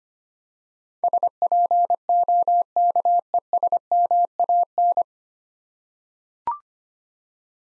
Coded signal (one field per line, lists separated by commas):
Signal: Morse code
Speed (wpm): 25 wpm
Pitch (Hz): 700 Hz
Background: none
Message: SPOKESMAN